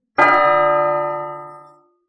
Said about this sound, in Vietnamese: Một tiếng chuông lớn khoan thai vang vang, thiên địa đều rung chuyển. Đó dĩ nhiên là từ chỗ sâu trong vũ trụ truyền đến.